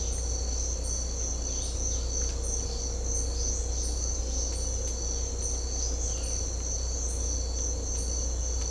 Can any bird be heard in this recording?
no